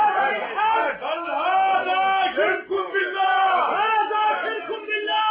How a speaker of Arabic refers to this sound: في شوشرة في الصالة. مش عارف سرها ايه؟ لكن انا سامع هتافات بيهتفوا بيقولوا ايه دول؟